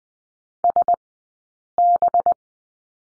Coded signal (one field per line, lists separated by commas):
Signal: Morse code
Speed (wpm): 20 wpm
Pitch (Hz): 700 Hz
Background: none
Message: SB